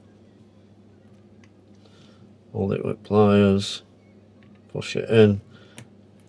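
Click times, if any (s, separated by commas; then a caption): 5.8 s, 6.2 s. A second, similar clip-in internal part is held with pliers and pushed into the housing of a GHD Supersonic hair dryer while someone talks. Sharp clicks at 5.8 s and 6.2 s mark the part seating home.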